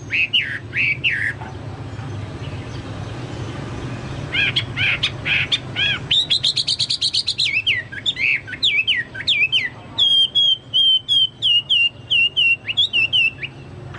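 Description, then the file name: Chinese hwamei song: loud, varied whistled phrases with rapid repeated notes, rising slurs and a fast rhythmic series of sharp whistles near the end. "hwamei-2-omkicau"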